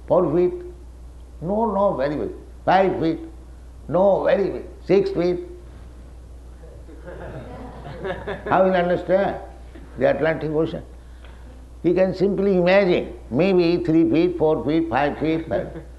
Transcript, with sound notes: "Four feet?" "No, no, very, very big." "Five feet?" "No, very big." "Six feet?" [laughter] How he will understand the Atlantic Ocean? He can simply imagine, maybe three-feet, four-feet, five-feet well.